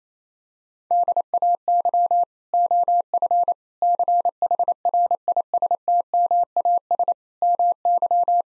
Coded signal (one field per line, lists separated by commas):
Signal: Morse code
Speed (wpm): 28 wpm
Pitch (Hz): 700 Hz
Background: none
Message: DAY OF CHRISTMAS MY